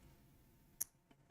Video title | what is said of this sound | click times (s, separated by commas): Building a LEGO x Yugioh Dark Magician! | That was a decent click. Could have been better. | 0.8 s